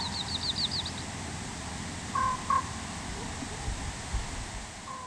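Common raven uttering two brief, husky croaks close together, with a faint third call later; another bird gives a quick series of high chirps at the start.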